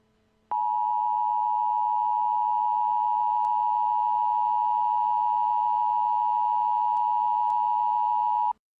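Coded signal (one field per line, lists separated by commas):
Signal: Emergency Alert System (SAME) tones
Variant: 853 and 960 Hz attention tone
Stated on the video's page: Fictional mock EAS alert made for entertainment; the tones are not valid EAS tones.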